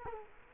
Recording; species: mosquito wingbeat signal from an infrared sensor; Culex quinquefasciatus